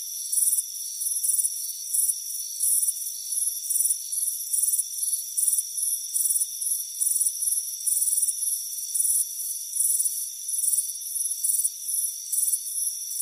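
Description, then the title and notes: High cricket chirps pulsing in a loose, repeating rhythm, accompanied by continuous thin insect trills. Crickets chirping on a warm afternoon on a front porch. "Soothing Crickets Chirping Sound. It's a warm afternoon as you relax in a hammock on the front porch. Deep Sleep Sounds"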